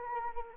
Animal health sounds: mosquito wingbeat signal from an infrared sensor; Anopheles arabiensis

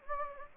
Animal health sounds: mosquito wingbeat signal from an infrared sensor; Anopheles gambiae

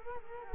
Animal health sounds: mosquito wingbeat signal from an infrared sensor; Culex quinquefasciatus

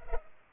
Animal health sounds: mosquito wingbeat signal from an infrared sensor; Culex pipiens

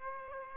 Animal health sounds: mosquito wingbeat signal from an infrared sensor; Aedes aegypti

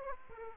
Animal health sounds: mosquito wingbeat signal from an infrared sensor; Aedes aegypti

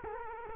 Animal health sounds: mosquito wingbeat signal from an infrared sensor; Culex quinquefasciatus

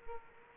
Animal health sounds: mosquito wingbeat signal from an infrared sensor; Culex quinquefasciatus

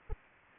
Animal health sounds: mosquito wingbeat signal from an infrared sensor; Anopheles arabiensis

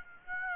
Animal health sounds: mosquito wingbeat signal from an infrared sensor; Aedes aegypti

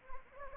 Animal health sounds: mosquito wingbeat signal from an infrared sensor; Anopheles gambiae

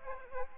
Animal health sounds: mosquito wingbeat signal from an infrared sensor; Aedes aegypti

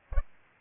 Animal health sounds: mosquito wingbeat signal from an infrared sensor; Aedes aegypti

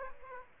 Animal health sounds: mosquito wingbeat signal from an infrared sensor; Aedes aegypti

